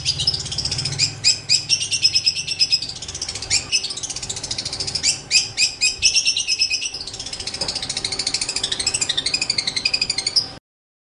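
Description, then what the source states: Long-tailed shrike singing a busy medley of high, scratchy chatter and quick trills, with loud bursts and a steady rapid run near the end. Master song recording used for training songbirds; local name cendet.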